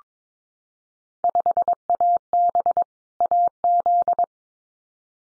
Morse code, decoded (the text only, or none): 5AB AZ